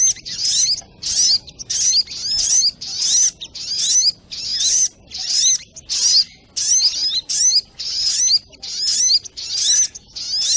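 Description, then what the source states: Little spiderhunter song, crisp high chirp bursts with upswept whistles in a fairly even rhythm, about fifteen phrases across ten seconds. Training recording (masteran).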